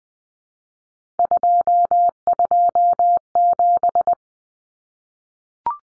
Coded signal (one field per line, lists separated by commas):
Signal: Morse code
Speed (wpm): 20 wpm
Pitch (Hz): 700 Hz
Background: none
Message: 227